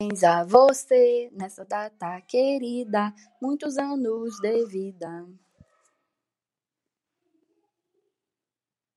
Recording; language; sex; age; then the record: short text; Brazilian Portuguese; female; 30 to 39 years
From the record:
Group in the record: control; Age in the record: 33 years